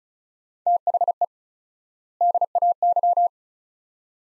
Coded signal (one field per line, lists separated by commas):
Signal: Morse code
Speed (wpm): 36 wpm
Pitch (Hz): 700 Hz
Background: none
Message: THE DAY